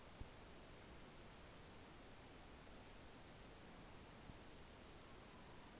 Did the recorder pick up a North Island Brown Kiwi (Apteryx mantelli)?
no